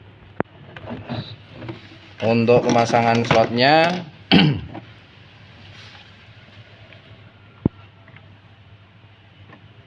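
A keyed plus/minus power cable connector is handled at a running-text LED panel module built around a Huidu W00 controller, ready to be pushed on. Someone talks over a low background hum, with short sharp ticks at about 0.4, 4.3 and 7.7 seconds. Nothing has seated or clicked yet.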